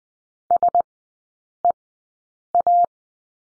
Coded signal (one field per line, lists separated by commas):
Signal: Morse code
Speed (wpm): 20 wpm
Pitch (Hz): 700 Hz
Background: none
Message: SEA